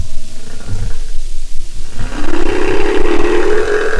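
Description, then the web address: Humpback whale moan: quiet at first, then a loud, rough, slowly rising groan that fills the second half. "Marine Mammals humpback"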